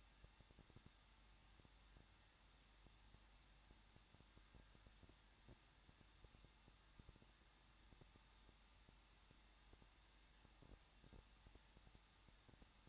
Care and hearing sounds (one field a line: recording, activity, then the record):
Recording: daily activity, microphone in the room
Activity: no activity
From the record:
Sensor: 3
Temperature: 21.2 degrees Celsius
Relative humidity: 36.2%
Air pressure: 1006.5 hPa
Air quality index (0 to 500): 220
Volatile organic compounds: 39 ppm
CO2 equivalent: 3133 ppm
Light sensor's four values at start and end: 2/3/2/2 and 2/3/2/2